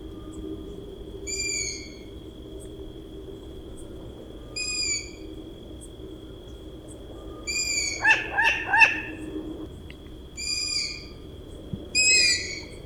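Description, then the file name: Long-eared owl chicks give high, squeaky, drawn-out squeals every few seconds, with a brief burst of lower, rapid wavering calls midway and a steady thin whine throughout. Calls of chicks and an adult female at the nest. "Ushastaya sova - Krik ptencov i samki u gnezda"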